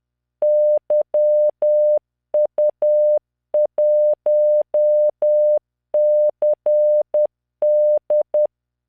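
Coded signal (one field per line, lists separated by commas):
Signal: Morse code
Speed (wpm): 10 wpm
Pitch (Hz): 600 Hz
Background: none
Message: YU1CD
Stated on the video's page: Software-generated Morse practice, random five-character groups at 10 WPM, 600 Hz tone, standard spacing.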